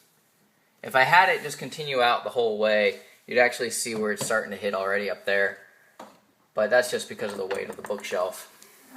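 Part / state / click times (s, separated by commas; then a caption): bookcase door latch into its catch on the frame / not seated / none. Someone talks while handling a hinged bookcase door whose latch is meant to click into its catch on the frame, with brief soft knocks near 6.0 and 8.6 seconds. The door is handled but not yet home, and the latch has not clicked into the catch yet.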